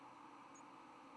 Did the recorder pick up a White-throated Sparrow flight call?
no